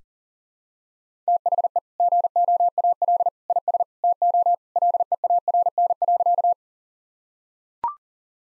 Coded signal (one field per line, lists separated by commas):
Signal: Morse code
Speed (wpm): 40 wpm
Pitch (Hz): 700 Hz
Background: none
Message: THE GOAL IS TO LEARN.